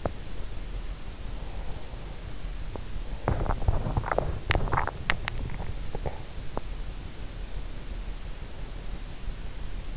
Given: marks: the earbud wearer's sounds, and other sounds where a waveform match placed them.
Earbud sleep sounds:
sounds in sleep by an in-ear microphone; teeth grinding
0.00-7.61 s: teeth grinding

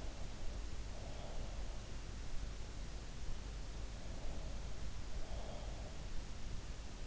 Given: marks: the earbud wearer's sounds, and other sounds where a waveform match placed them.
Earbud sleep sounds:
sounds in sleep by an in-ear microphone; breath
0.00-2.31 s: breath
4.05-6.06 s: breath

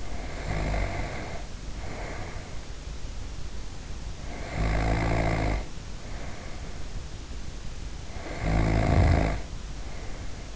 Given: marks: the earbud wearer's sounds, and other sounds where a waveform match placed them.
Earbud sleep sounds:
sounds in sleep by an in-ear microphone; snoring breath
0.00-2.65 s: snoring breath
4.16-6.98 s: snoring breath
8.11-10.56 s: snoring breath

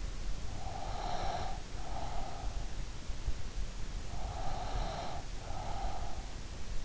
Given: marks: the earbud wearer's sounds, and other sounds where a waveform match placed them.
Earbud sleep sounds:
sounds in sleep by an in-ear microphone; breath
0.61-2.74 s: breath
4.03-6.42 s: breath

